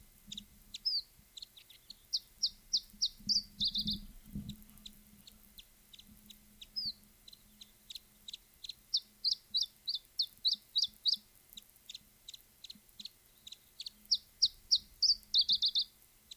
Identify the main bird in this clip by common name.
Iberian Chiffchaff